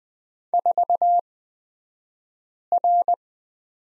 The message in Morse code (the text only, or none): 4R